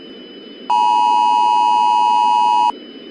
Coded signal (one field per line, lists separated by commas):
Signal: Emergency Alert System (SAME) tones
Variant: 853 and 960 Hz attention tone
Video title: EAS Scenario | Oceania has fallen (1984)